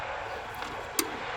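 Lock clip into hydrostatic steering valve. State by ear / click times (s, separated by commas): seated / 1.0 s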